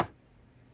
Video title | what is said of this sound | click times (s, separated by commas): ElectroLisa 3 - ZX Spectrum+ ULA Repair | now it clicked and then it goes nicely in. | 0.0 s